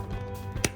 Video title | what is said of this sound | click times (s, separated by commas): 【高品質】SOTOのガスバーナーを選んだ理由はこちら【新富士バーナー】 | just snaps into place . | 0.6 s